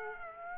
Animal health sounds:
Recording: mosquito wingbeat signal from an infrared sensor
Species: Aedes aegypti

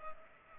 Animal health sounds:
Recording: mosquito wingbeat signal from an infrared sensor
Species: Culex pipiens

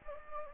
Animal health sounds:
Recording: mosquito wingbeat signal from an infrared sensor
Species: Anopheles gambiae

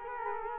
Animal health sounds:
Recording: mosquito wingbeat signal from an infrared sensor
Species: Culex quinquefasciatus

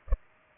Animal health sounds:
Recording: mosquito wingbeat signal from an infrared sensor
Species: Culex pipiens

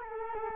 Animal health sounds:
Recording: mosquito wingbeat signal from an infrared sensor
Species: Culex quinquefasciatus

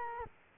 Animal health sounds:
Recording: mosquito wingbeat signal from an infrared sensor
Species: Culex quinquefasciatus

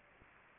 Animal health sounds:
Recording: mosquito wingbeat signal from an infrared sensor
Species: Anopheles arabiensis

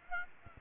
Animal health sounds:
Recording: mosquito wingbeat signal from an infrared sensor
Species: Aedes aegypti

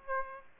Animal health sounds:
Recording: mosquito wingbeat signal from an infrared sensor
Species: Aedes aegypti

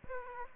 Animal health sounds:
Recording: mosquito wingbeat signal from an infrared sensor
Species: Aedes aegypti

